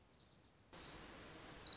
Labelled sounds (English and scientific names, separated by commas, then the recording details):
Orange-crowned Warbler (Leiothlypis celata)
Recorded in Sonoma County, California